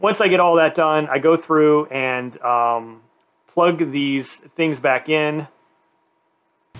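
After RS7 spark plugs are fitted in a Golf R, the plastic-housed ignition coil packs are about to be pressed back into the engine's spark plug wells while someone talks for most of the clip. The speech stops at about 5.5 s, leaving near silence and a brief faint sound at the very end. Nothing has clicked or seated yet.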